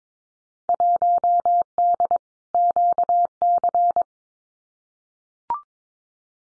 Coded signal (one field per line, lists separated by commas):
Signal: Morse code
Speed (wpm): 22 wpm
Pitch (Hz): 700 Hz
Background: none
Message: 1D QC